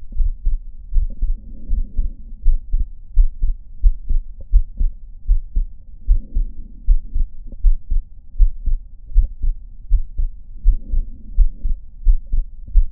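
Steady, low-pitched heartbeats sound throughout, paired thumps at about 79 beats a minute with an even rhythm. A faint, soft rustle rises and falls in the background every few seconds. These are heart sounds.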